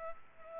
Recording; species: mosquito wingbeat signal from an infrared sensor; Culex pipiens